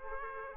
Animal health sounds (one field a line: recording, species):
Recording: mosquito wingbeat signal from an infrared sensor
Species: Aedes aegypti